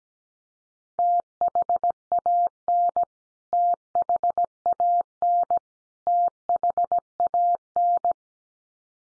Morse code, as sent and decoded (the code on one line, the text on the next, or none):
- .... .- -. / - .... .- -. / - .... .- -.
THAN THAN THAN